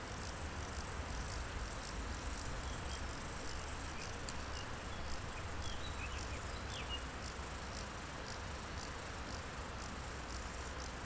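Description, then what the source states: Bow-winged grasshopper giving faint, evenly repeated high buzzy pulses throughout, with a couple of soft bird chirps and a steady low background drone. Recorded beside the Nant Fourchu road in a meadow near the Chéran river, École, France; several singing grasshoppers with a few birds.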